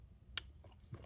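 A threaded antenna set on the antenna connector of a wireless video transmitter is turned backwards until the thread start drops in with a sharp, bright click at 0.4 s, seating it in the start position before it is turned forward to avoid cross-threading. A few faint ticks follow near the end of the clip.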